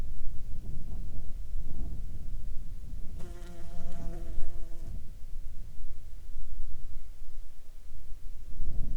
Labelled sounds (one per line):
wind
insects